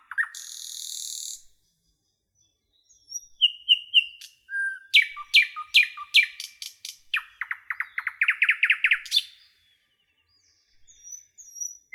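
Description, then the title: Nightingale song, varied phrases: a buzzy burst, pure whistles, then rapid repeated notes building to a fast rattling series, with pauses between phrases. "A Beautiful Nightingale Song"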